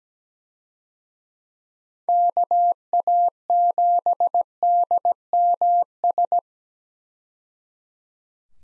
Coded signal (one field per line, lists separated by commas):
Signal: Morse code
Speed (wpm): 17 wpm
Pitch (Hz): 700 Hz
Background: none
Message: KA7DMS